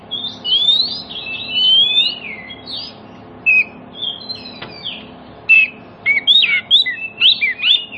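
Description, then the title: Oriental magpie-robin song opening with long slurred whistles, then a pause and a rapid series of sharp whistled notes and chips. Song played as a lure to prompt other magpie-robins, including ones that have stopped singing, to answer and sing within about five minutes. "Cukup Hitungan Menit Kacer Lain Bisa Bunyi. CUKUP 5 Menit Kacer LAIN NYAUT JADI GACOR, PANCINGAN KACER MACET BUNYI"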